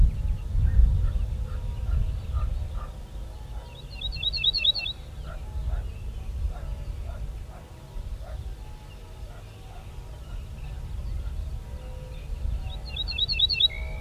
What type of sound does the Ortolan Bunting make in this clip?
song